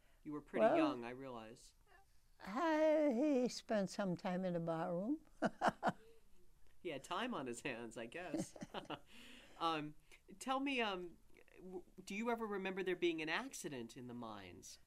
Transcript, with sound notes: You were pretty young, I realize.
He spent some time in a barroom. [chuckles]
He had time on his hands, I guess. [laughter] Tell me, w — do you ever remember there being an accident in the mines?